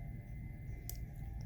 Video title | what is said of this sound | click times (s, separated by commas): Leatherman Wave +, Curl and Charge TTI comparison | push down this a little bit, and push that in there, and it locks in place. | 0.9 s